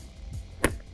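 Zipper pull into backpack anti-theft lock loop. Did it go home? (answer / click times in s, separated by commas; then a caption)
yes / 0.6 s. A zipper pull on a Black Ember Citadel R3 backpack is woven through a small fabric loop on the pole tab and pressed into its anti-theft locking clip. After quiet low rumble, a single sharp, bright click sounds at 0.6 s, followed by a faint softer tick. The pull locks into place.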